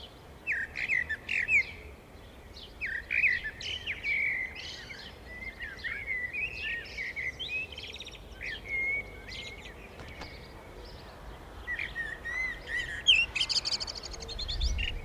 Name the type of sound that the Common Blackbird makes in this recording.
song